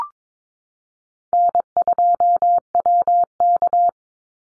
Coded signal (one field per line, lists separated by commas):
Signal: Morse code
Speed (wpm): 22 wpm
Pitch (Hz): 700 Hz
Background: none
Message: N2WK